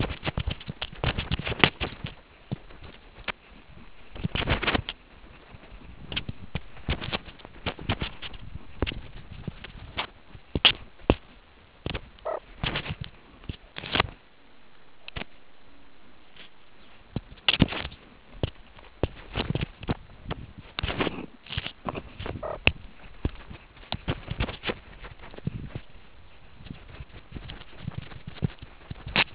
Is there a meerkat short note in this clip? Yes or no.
no